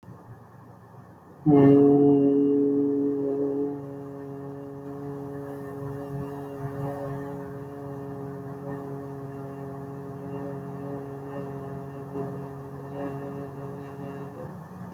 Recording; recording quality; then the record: sustained vowel as in made; excellent, no background noise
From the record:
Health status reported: exposed to COVID-19, no respiratory illness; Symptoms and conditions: cough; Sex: male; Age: 29 years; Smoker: not ticked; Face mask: not worn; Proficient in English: yes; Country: India